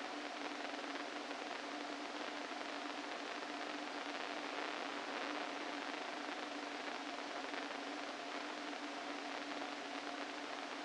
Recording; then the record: brain microelectrode recording played as sound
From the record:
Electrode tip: inside the subthalamic nucleus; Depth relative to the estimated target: -2 mm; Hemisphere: left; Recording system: NeuroSet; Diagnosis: Parkinson's disease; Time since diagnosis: 13 years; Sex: male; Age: 49 years